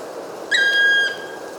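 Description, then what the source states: Black Woodpecker giving one drawn-out, level, ringing note with bright harmonics, lasting about half a second, over a soft background hiss. Wild bird on a chilly winter afternoon in January, Mount Lanaro Natural Reserve, Trieste, Italy; recorded with a parabolic microphone.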